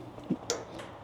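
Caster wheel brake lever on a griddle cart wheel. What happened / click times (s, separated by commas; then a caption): The caster wheel lock clicked on / 0.5 s. A caster wheel brake lever on a wheel of a Blackstone 36 in Culinary Omnivore Griddle cart, one of four independent locking wheels, is pushed to engage the lock. A single short, sharp click is heard at 0.5 s, preceded by a softer low thump around 0.3 s. The wheel lock clicks on and is seated.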